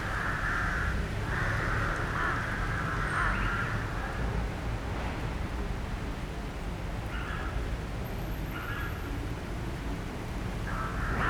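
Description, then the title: Rook cawing repeatedly, rough nasal calls in quick clusters then spaced out, above a steady urban rumble. Rooks nesting in the plane trees of a town square in Chambéry, France; urban setting. "27 Rue du Verger, Chambéry, France - Freux dans la ville"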